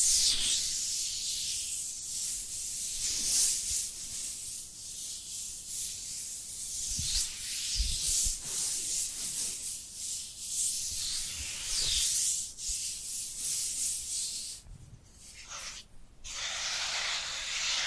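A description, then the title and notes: Dry hands rub together in a steady, papery hiss that swells and eases in slow strokes about every couple of seconds. The sound is bright and airy with little low end, broken by a few brief dips near the end. Dry Dry Hand Sounds. (No Talking).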